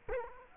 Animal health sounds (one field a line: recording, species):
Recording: mosquito wingbeat signal from an infrared sensor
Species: Culex quinquefasciatus